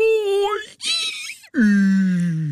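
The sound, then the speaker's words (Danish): A voice imitates Santa Claus giving a big, drawn-out yawn: a sustained moaning tone that wavers upward, a breathy gasp, then a loud sighing groan sliding steadily down in pitch. “Julemanden, der gaber.”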